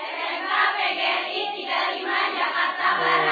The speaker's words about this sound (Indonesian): Ini bunda-bundanya dari Majelis Ta'lim mana, Bun? Al-Hikmah Dramaga Bogor. Tepuk tangan dulu.